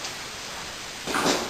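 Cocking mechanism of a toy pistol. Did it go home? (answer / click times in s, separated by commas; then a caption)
no / none. Someone handles the cocking mechanism of an antique toy pistol, pulling it back toward its locked position. There is a steady low hiss for about a second, then a louder broadband scraping, sliding sound from about 1.1 to 1.4 s. Nothing has locked or clicked yet.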